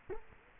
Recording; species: mosquito wingbeat signal from an infrared sensor; Culex quinquefasciatus